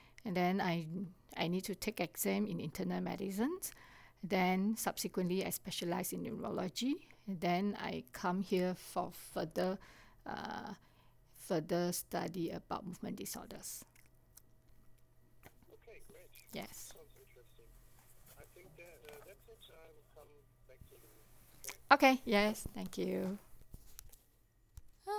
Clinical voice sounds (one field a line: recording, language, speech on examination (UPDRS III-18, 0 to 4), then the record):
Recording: conversation on a phone call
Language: English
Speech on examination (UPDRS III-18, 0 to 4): 0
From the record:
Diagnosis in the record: healthy control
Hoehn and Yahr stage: 0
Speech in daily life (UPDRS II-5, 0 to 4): 0